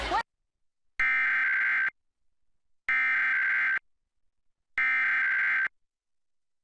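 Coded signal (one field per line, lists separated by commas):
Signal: Emergency Alert System (SAME) tones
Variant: header bursts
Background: speech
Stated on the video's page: Pennsylvania monthly EAS test recorded from a TV broadcast.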